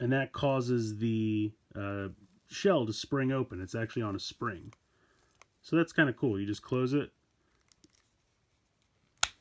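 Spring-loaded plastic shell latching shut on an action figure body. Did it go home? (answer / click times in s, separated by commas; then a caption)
yes / 9.2 s. Someone talks about the spring-loaded plastic shell on a Rise of the Teenage Mutant Ninja Turtles Battle Shell Raphael action figure, which springs open when the head is pushed down. After a few faint ticks, the shell is pushed closed and snaps sharply at 9.2 s, latching in place on the figure's body.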